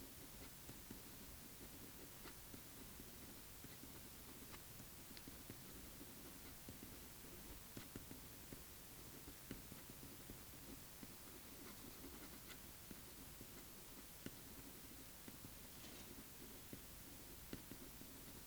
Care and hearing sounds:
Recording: daily activity, guitar pickup as the sensor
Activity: write

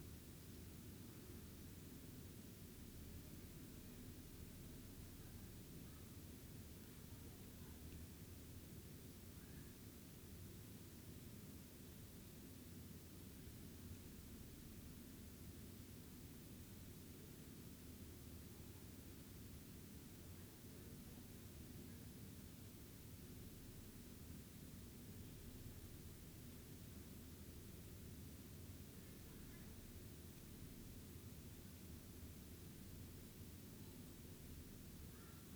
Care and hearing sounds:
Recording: daily activity, guitar pickup as the sensor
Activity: lie down

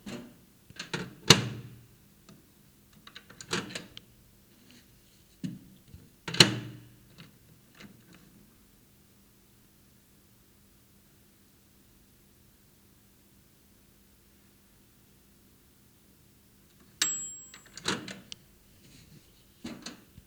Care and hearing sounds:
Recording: daily activity, guitar pickup as the sensor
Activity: use microwave

